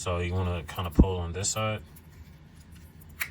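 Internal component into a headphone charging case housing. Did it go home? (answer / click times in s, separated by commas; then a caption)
yes / 3.2 s. An internal part of a plastic JLab Go Pop headphone charging case is pulled on one side and pushed back during reassembly until it sits flush with the housing. Someone talks over the first half, then a short, sharp pop is heard at 3.2 s as the part locks into place in the case housing.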